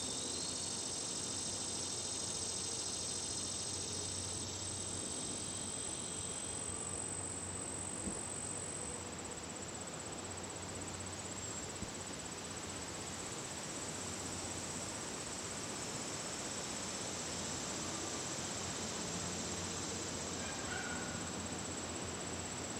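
A distant train rumbles steadily through an outdoor dusk scene, a constant low roar that barely changes over the whole stretch. Insects buzz high above it, with a brighter hiss in the first several seconds that fades out, and a thin high whine running throughout.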